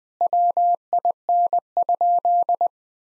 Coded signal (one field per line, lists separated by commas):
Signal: Morse code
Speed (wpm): 21 wpm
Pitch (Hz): 700 Hz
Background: none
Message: WIN?